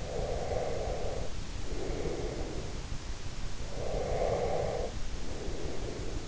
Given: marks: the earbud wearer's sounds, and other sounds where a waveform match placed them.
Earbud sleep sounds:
sounds in sleep by an in-ear microphone; breath
0.02-2.82 s: breath
3.68-6.28 s: breath

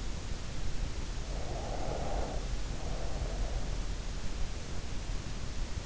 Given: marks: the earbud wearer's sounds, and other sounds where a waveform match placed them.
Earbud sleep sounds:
sounds in sleep by an in-ear microphone; breath
1.31-3.99 s: breath

